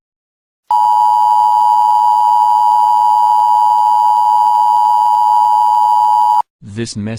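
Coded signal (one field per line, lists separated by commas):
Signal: Emergency Alert System (SAME) tones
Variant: 853 and 960 Hz attention tone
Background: speech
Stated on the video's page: Fictional EAS scenario imagining a Locust invasion, not a real alert.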